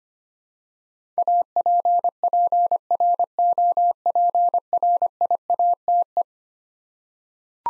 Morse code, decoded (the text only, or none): APPROPRIATE